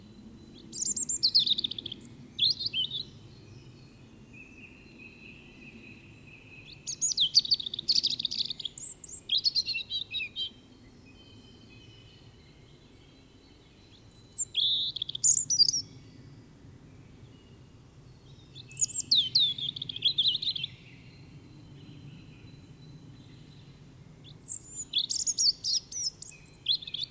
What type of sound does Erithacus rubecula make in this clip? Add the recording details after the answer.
song. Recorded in the wild. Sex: male. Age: adult. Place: Kaiserslautern, Rheinland-Pfalz, DE. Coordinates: 49.4372, 7.80972. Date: 1978-03-28. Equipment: Nagra IV, Sennheiser MKH 405, Parabolreflektor. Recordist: Tretzel, Erwin. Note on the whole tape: Alte Buche: Gesang eines Rotkehlchen. Ort und Datum angegeben